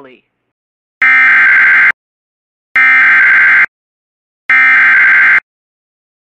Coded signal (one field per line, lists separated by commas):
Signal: Emergency Alert System (SAME) tones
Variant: header bursts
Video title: Severe Thunderstorm Warning for Lauderdale, AL (EAS 250)